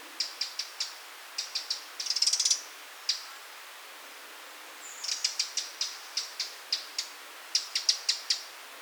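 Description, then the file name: Eurasian wren calls, a series of sharp high ticking notes in rapid clusters, with one brief rattling burst in the first third. "Troglodytes troglodytes"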